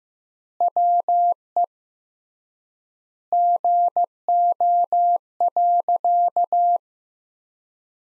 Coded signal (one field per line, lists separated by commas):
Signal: Morse code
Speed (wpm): 15 wpm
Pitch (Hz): 700 Hz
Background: none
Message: WE GO.